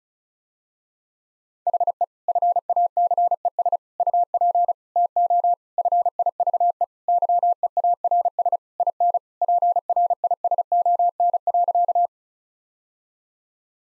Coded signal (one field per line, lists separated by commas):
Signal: Morse code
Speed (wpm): 36 wpm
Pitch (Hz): 700 Hz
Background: none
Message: HE FACES UP TO FIVE YEARS IN PRISON.